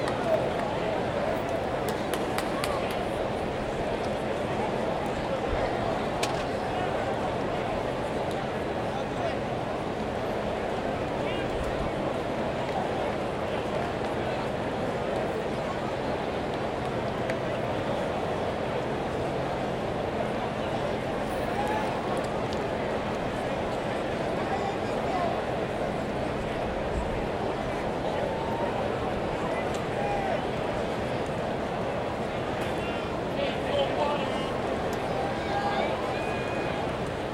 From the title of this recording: Upper Deck at the Baseball Game